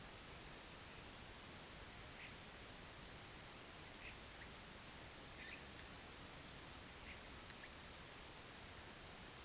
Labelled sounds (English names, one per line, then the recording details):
none
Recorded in pastures near Puerto Asís, Putumayo, Colombia, on 23 June 2025 at 17:30
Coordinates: 0.486, -76.323
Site H29